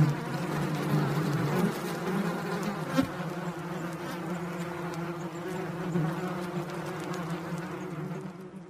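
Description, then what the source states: Yellowjackets buzzing in a dense, continuous low drone with steady harmonic bands, holding unbroken for the whole stretch and easing slightly near the end. Intense buzzing.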